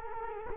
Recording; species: mosquito wingbeat signal from an infrared sensor; Culex quinquefasciatus